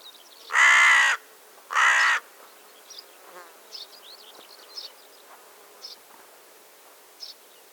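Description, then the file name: Carrion crow giving two loud, harsh, drawn-out caws about a second apart, followed by faint high chirps. "Corvus corone"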